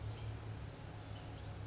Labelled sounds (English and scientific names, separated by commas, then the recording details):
California Towhee (Melozone crissalis)
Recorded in Sonoma County, California